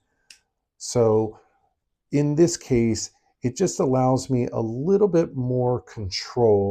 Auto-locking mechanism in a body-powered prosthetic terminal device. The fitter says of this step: the next force I apply is an unlock.